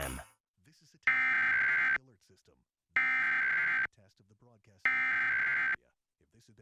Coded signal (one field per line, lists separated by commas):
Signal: Emergency Alert System (SAME) tones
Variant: header bursts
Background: speech